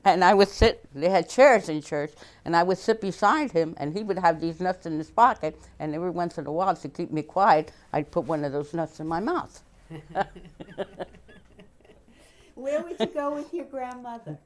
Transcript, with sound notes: and I would sit, they had chairs in church, and I would sit beside him, and he would have these nuts in his pocket, and every once in a while to keep me quiet I'd put one of those nuts in my mouth. ( they laugh )
Where would you go with your grandmother?